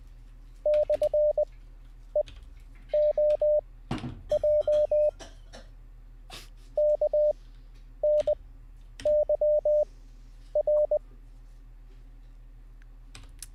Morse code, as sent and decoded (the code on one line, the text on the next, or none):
-..-. . --- .--- / -.- -. -.-- .-.
/EOJ KNYR